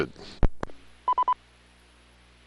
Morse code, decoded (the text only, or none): none